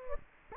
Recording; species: mosquito wingbeat signal from an infrared sensor; Anopheles gambiae